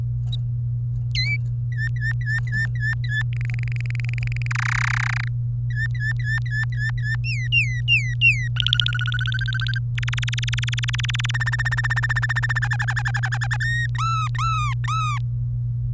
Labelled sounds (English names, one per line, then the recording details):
Domestic Canary song
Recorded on 24 April 2018 at 11:27
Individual llb3